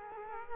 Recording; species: mosquito wingbeat signal from an infrared sensor; Culex quinquefasciatus